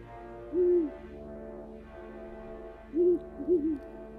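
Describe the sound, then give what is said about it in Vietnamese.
A giant owl, bursting out of a straw pile in a front yard just after dark, hoots three times: one hoot, a pause, then two more in quick succession, each a short, low, rounded call rising clearly above a faint steady background hum. “Từ đống rơm trước sân, một con chim cú khổng lồ bất thình lình bay lao vụt về phía Thổ. Tiếng kêu thất thần khiến cho anh hoảng hồn, ngã ngồi bẹt xuống giữa sân như vậy, nghe đến rùng rợn.”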